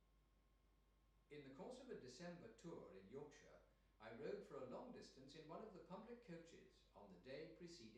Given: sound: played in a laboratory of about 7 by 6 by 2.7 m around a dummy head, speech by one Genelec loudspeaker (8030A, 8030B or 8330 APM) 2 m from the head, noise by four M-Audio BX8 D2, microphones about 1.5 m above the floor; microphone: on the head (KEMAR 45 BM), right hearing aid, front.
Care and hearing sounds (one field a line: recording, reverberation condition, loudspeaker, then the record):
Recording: male speech in English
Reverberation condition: medium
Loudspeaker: 30 degrees to the left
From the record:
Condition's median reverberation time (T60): about 510 ms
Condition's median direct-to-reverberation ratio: about -0.5 dB